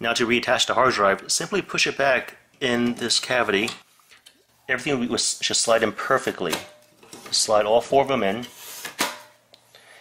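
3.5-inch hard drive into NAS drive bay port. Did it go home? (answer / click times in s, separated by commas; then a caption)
yes / 9.0 s. Someone talks while a 3.5-inch hard drive is slid back into its bay inside a Synology DS413j NAS enclosure. A click at 9.0 s marks the drive's SATA end seating on the internal port, so the drive is seated.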